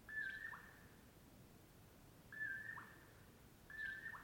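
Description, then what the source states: Common Poorwill gives three soft whistled phrases, each a steady note and a dipping tail. Mellow "poor-will-low" at dawn, camped off Brewton Road near Colockum Pass; crepuscular nightjar.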